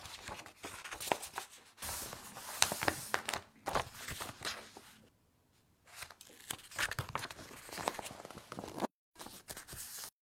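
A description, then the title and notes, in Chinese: Paper handling with writing and page turning: bright, crackly rustles and scratches arrive in irregular bursts, some sharp ticks between them. The sound drops nearly to silence around five to six seconds, cuts out briefly near nine, then the rustling resumes. 纸音·写字音·翻书音。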